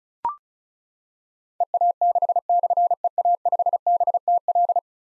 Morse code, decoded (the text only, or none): EA6/EA5BTL